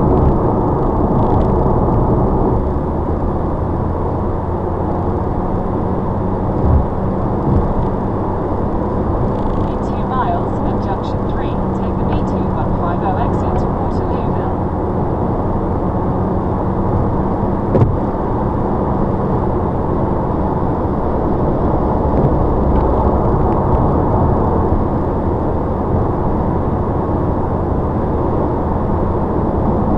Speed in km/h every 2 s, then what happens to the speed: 105, 103, 103, 105, 105, 106, 108, 109, 114, 116, 114, 114, 114, 114, 116.
0-8 steady at about 105. 8-17 speeds up to 116. 17-30 steady at about 114.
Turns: none.